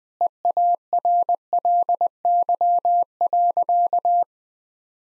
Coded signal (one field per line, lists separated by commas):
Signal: Morse code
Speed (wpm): 20 wpm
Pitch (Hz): 700 Hz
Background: none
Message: EARLY.